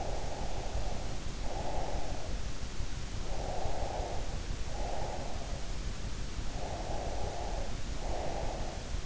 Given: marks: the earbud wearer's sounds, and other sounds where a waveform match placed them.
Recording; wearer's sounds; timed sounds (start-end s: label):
sounds in sleep by an in-ear microphone; breath
0.00-2.45 s: breath
3.36-5.62 s: breath
6.52-8.98 s: breath